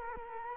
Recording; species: mosquito wingbeat signal from an infrared sensor; Culex quinquefasciatus